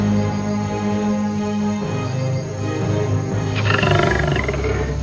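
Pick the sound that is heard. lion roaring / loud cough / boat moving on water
lion roaring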